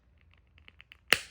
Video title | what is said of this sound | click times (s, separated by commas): RARE OAKLEYS - How to replace your lenses in the Flak 2.0 XL - don't DAMAGE your lenses like I did! | pop it in place. There it is. Boom. Voila. Beautiful. | 1.1 s